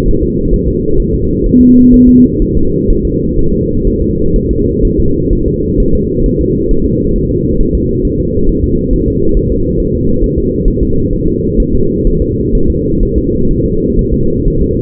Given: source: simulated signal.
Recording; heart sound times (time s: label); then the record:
fetal heart sounds
0.08 s: S1
0.23 s: S2
0.53 s: S1
0.68 s: S2
1.00 s: S1
1.14 s: S2
1.46 s: S1
1.61 s: S2
1.94 s: S1
2.09 s: S2
2.42 s: S1
2.57 s: S2
2.90 s: S1
3.05 s: S2
3.39 s: S1
3.53 s: S2
3.87 s: S1
4.02 s: S2
4.36 s: S1
4.51 s: S2
4.85 s: S1
5.00 s: S2
5.33 s: S1
5.48 s: S2
5.80 s: S1
5.95 s: S2
6.26 s: S1
6.41 s: S2
6.71 s: S1
6.86 s: S2
7.16 s: S1
7.31 s: S2
7.60 s: S1
7.75 s: S2
8.05 s: S1
8.20 s: S2
8.49 s: S1
8.64 s: S2
8.93 s: S1
9.08 s: S2
9.37 s: S1
9.52 s: S2
9.80 s: S1
9.95 s: S2
10.24 s: S1
10.38 s: S2
10.68 s: S1
10.83 s: S2
11.13 s: S1
11.28 s: S2
11.60 s: S1
11.75 s: S2
12.07 s: S1
12.22 s: S2
12.55 s: S1
12.70 s: S2
13.03 s: S1
13.18 s: S2
13.51 s: S1
13.66 s: S2
13.99 s: S1
14.14 s: S2
14.48 s: S1
14.62 s: S2
From the record:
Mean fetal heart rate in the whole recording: 130 bpm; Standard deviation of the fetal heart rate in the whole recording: 4 bpm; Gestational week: 38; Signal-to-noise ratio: -16.4 dB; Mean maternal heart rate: 72 bpm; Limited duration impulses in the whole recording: present